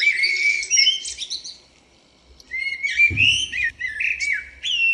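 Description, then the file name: Common blackbird song: fluty warbled phrase with high twitters, a short pause, another phrase, and a brief low thump partway through. "Turdus merula"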